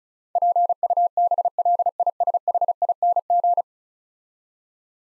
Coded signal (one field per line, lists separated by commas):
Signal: Morse code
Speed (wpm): 36 wpm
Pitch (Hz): 700 Hz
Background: none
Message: PUBLISHING